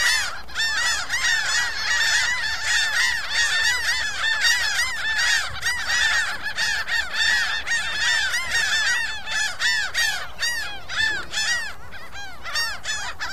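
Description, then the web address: Gulls calling as a flock, dense overlapping harsh arched cries repeated rapidly and continuously without pause throughout. "seagulls"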